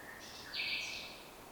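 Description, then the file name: Common nightingale song fragment, a brief buzzy, harsh high phrase lasting about half a second over quiet background hiss. "Luscinia megarhynchos"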